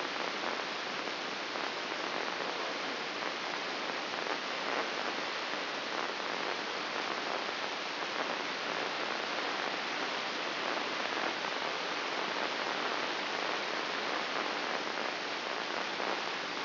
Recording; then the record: brain microelectrode recording played as sound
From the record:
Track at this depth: inside the subthalamic nucleus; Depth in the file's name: 6.061 mm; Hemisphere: left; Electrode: 3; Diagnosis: Parkinson's disease